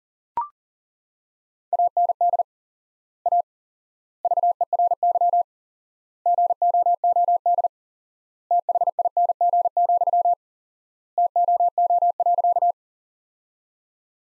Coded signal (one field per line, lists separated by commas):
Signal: Morse code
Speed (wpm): 40 wpm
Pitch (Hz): 700 Hz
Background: none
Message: AND A VERY GOOD THING, TOO.